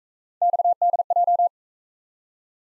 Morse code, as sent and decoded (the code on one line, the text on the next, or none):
-..- -.. .---
XDJ